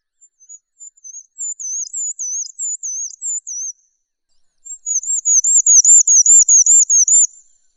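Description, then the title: Bird singing very high, thin whistled phrases, first varied twittering notes, then after a pause a fast run of looping, rolling whistles. Masteran song used to tutor birds. "Burung Masteran"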